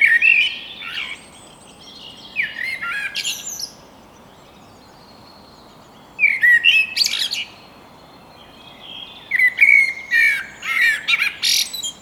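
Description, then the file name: Common blackbird singing several separate phrases, each a rich warble running into thin, scratchy high notes, with pauses of a few seconds between them. "Turdus merula"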